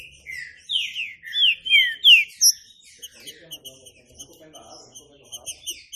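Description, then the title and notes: Green-winged saltator sings a few loud, descending whistles, then soft repeated high ticking notes over a faint low warble. Classic song style (Canto Clássico) used as a training recording for the bird. "Canto Clássico Trinca Ferro TREINAMENTO. trinca fero"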